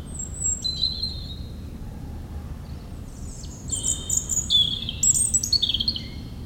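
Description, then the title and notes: European robin song: high thin whistles, then a faster run of sparkling trilled notes, with a low rumble underneath. Singing in the huge Meerdaalbos forest, Oud-Heverlee, Belgium, with planes taking off. "3051 Oud-Heverlee, Belgium - Meerdaalbos. Into the huge forest called Meerdaalbos, the European Robin singing, and planes takeoffs"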